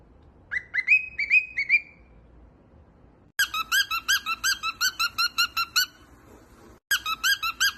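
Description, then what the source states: Cockatiel whistling: a few rising whistled notes open, then a long run of quick squeaky repeated notes with brief gaps. Several cockatiels singing and whistling.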